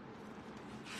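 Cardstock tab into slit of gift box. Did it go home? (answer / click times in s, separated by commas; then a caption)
no / none. The tab of a scalloped cardstock gift box is pushed with the thumbs toward its slit, giving a steady soft rubbing and scraping of paper that grows brighter and a little louder toward the end. Nothing has popped into the slit or seated yet.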